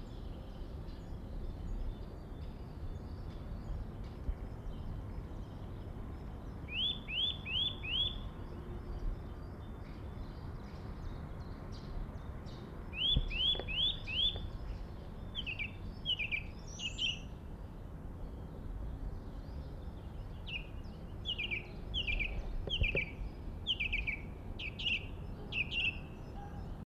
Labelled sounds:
Song Thrush (Turdus philomelos) song

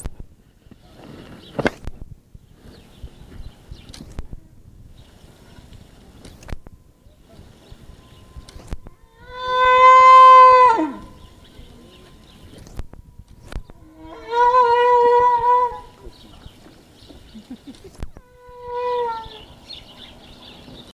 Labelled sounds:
Wapiti (Cervus canadensis) rut call

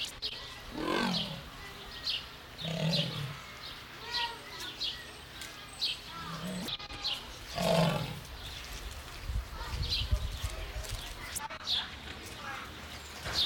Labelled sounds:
Leopard (Panthera pardus)

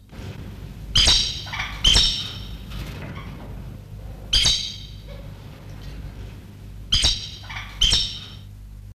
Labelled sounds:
Black-necked Aracari (Pteroglossus aracari) call

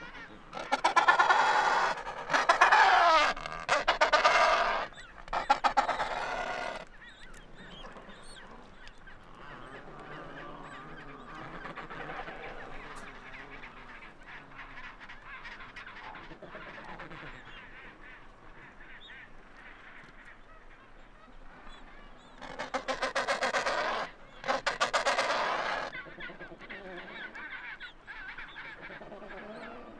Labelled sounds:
Adelie Penguin (Pygoscelis adeliae) call

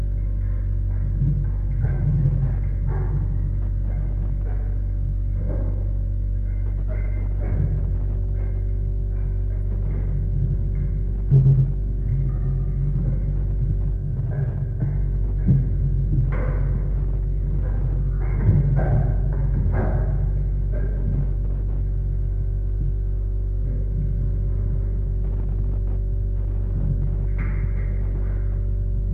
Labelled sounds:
Chimpanzee (Pan troglodytes)

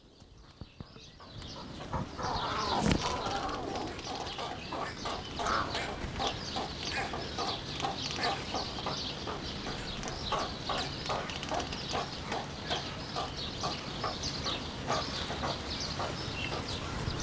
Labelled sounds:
White-faced Heron (Egretta novaehollandiae)

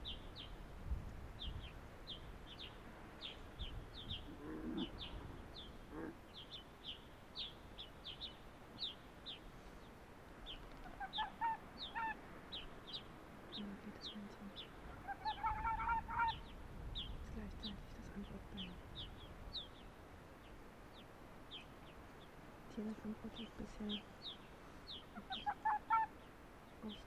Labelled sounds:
Arctic Fox (Vulpes lagopus)

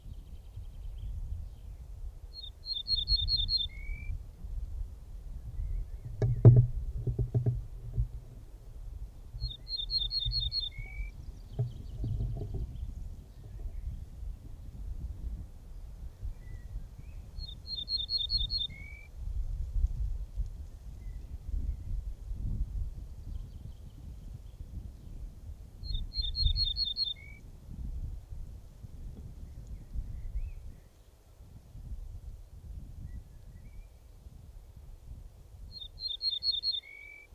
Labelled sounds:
Ortolan Bunting (Emberiza hortulana) song

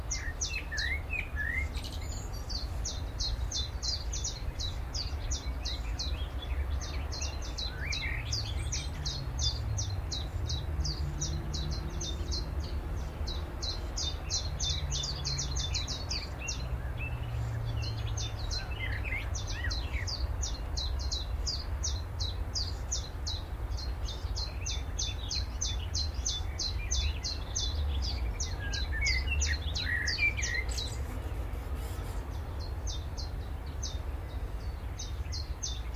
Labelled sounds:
Willow Warbler (Phylloscopus trochilus)

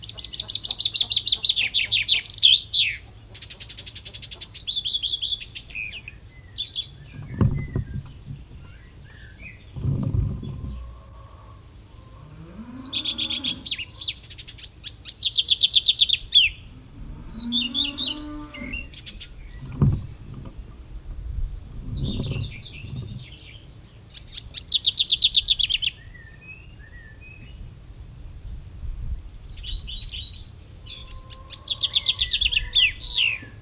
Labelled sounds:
Common Chaffinch (Fringilla coelebs)

